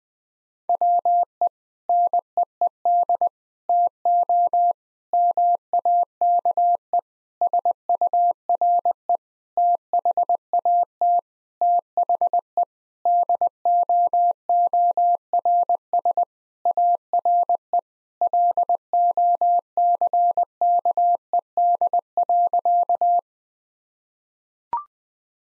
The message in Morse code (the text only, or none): WE NEED TO MAKE SURE THAT THE DOORS ARE LOCKED.